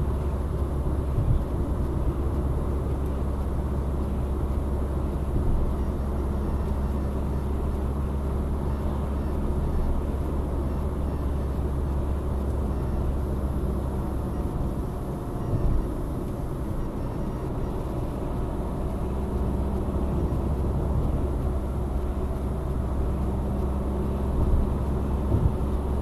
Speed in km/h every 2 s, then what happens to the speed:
73, 73, 72, 73, 72, 69, 68, 68, 67, 70, 69, 70, 72.
0-26 steady at about 70.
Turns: none.